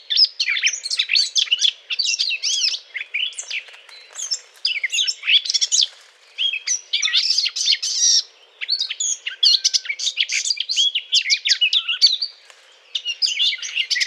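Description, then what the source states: Eurasian blackcap song, a rapid, continuous warbling chatter of varied high notes and scratchy trills, with brief pauses between bursts. Courtship song.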